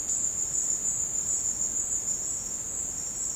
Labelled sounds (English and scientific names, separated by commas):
none